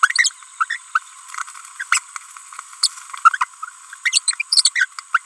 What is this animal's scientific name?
Forpus passerinus